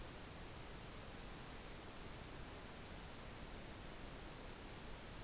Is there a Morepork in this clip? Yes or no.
no